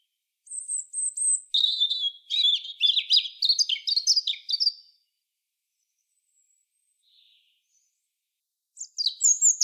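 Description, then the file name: European robin song: a thin high whistle, then a rapid jumble of tinkling, trilled notes, a long pause, and another high phrase starting at the end. "Erithacus rubecula"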